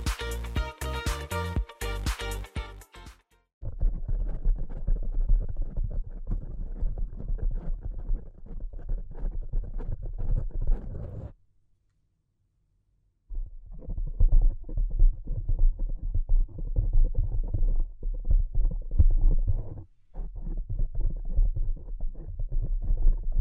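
Delicate tapping in dense, rapid flurries over a low rumble, after a brief bright chiming opening, with a two-second pause near eleven seconds.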